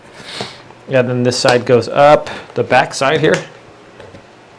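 Someone talks while handling the plastic back panel of a clear plastic shoe box, raising it into position in the shoe box frame. Only faint handling noise is heard under the voice, with no sharp snap. Nothing has seated or clicked yet; the panel has not locked into place.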